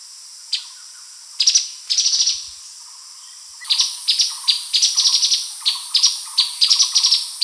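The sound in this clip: Streaked spiderhunter calls: sharp, high chipping notes, first single, then clustered in quick, uneven bursts that run almost continuously through the second half.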